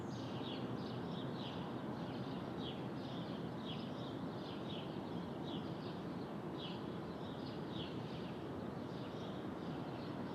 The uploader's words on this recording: Brooklyn Dawn. Street Traffic, Open Air II.